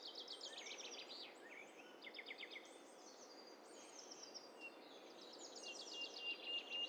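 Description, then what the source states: Birds sing together in a dense chorus of rapid, buzzy high trills and chirping phrases, plus a thin whistled note near the end, over constant background hiss. A mixture of several birds calling together.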